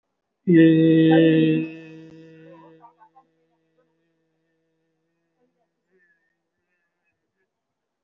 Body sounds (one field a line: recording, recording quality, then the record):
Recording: sustained vowel as in made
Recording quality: excellent, no background noise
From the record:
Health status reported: respiratory illness, not identified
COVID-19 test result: negative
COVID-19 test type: RT-PCR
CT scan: taken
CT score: 0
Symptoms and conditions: cough, cold, breathing difficulty, sore throat, chronic lung disease, another respiratory illness, hypertension, diabetes, ischaemic heart disease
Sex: male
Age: 67 years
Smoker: no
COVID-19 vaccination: none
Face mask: worn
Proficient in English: no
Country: India